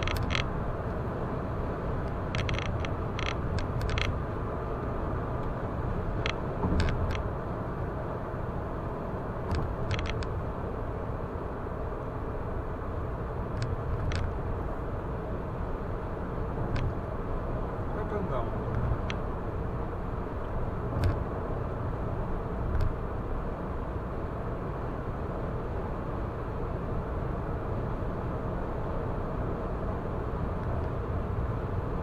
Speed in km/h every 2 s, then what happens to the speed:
114, 114, 114, 108, 103, 101, 105, 105, 105, 105, 105, 105, 105, 105, 105, 105.
0-5 steady at about 114. 5-8 brakes to 103. 8-32 steady at about 105.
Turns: none.